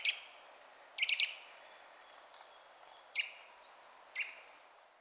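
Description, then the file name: Eurasian nuthatch call notes: a short cluster of sharp clipped notes, then a few single abrupt notes, with thin high-pitched calls in between. "Sitta europaea"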